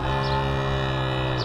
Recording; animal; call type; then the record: contact call of a hoofed animal; cattle; low-frequency (closed-mouth) or high-frequency (open-mouth) call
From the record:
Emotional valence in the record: negative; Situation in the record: full separation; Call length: 1.45 s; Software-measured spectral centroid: 1880 Hz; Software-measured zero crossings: 1880 a second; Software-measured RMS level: -24 dBFS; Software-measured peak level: -12 dBFS